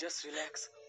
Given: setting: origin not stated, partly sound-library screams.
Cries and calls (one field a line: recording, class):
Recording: one-second piece from a danger detection set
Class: woman in danger